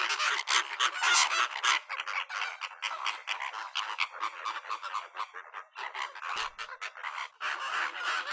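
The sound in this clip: Bird giving harsh, raspy, scratchy notes in quick irregular bursts, several per second, some louder than others.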